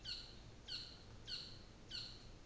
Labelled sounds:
North Island Saddleback (Philesturnus rufusater)
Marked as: faintness 1/5
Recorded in New Zealand on 24 December 2018
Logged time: 14:00

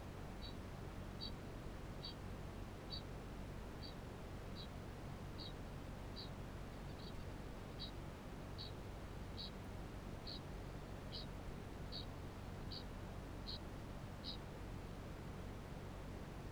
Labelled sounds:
Kākāpō (Strigops habroptilus) ching call
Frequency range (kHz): Kākāpō (Strigops habroptilus) 2.7-6.3 kHz
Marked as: faintness 4/5
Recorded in New Zealand
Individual Barnard

